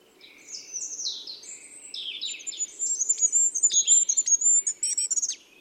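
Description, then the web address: Bird song with warbled descending phrases leading into a quick train of very high whistled notes and clicks, growing louder. "cianscape. Deverinetal 2025. Bird Only"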